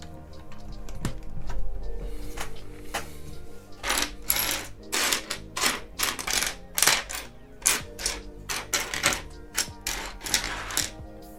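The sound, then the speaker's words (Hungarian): Plastic construction-set pieces from the fourth of 24 bags of a Batmobile set being handled and sorted, with sharp clicks and rattling clatters in irregular bursts that grow busier and louder partway through, with no talking. “Így van, most tartok a 4. zacskónál a 24-ből.”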